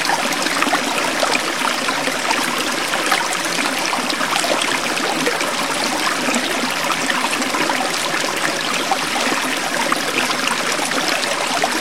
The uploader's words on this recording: The gurgling river, the fresh air.